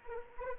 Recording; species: mosquito wingbeat signal from an infrared sensor; Anopheles arabiensis